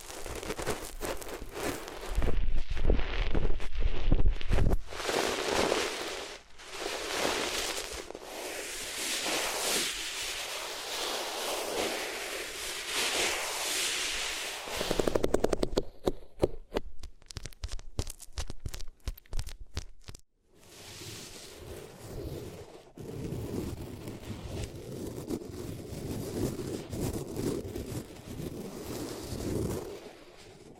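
Materials being rubbed against the ears make dense, rough scratching that swells and fades in long strokes. From about 15 to 20 seconds the rubbing breaks into quick, choppy bursts, then stops briefly near 20 seconds before a softer, steadier rustle resumes to the end.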